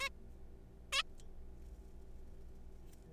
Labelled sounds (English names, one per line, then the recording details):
Zebra Finch
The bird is a juvenile
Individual R3428